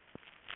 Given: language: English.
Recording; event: throat vibration sensor signal played as sound; swallow